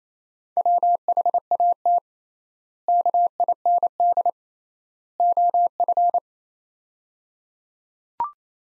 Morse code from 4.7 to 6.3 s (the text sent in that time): OF